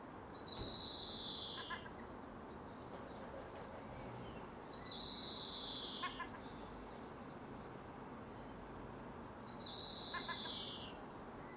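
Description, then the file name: European greenfinch repeating a drawn-out, wheezy, downslurred note about every four to five seconds, each followed by a short, rapid twittering trill. "Chloris chloris"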